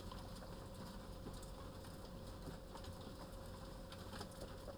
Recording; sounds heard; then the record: poultry house recording; healthy chickens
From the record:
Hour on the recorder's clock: 13